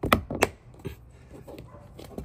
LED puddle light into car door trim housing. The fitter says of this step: Just put it back in and it'll snap right in.